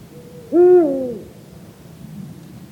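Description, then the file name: Eurasian eagle-owl giving a single deep hoot, steady then sliding downward toward the end, lasting under a second, with faint low background noise. "Eurasian Eagle Owl Bubo bubo"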